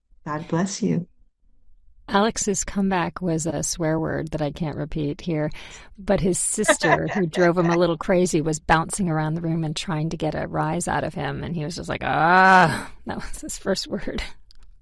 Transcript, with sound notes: "God bless you."
Alex's comeback was a swear word that I can't repeat here.
(laughs)
But his sister, who drove him a little crazy, was bouncing around the room and trying to get a rise out of him, and he was just like, "Ah." That was his first word.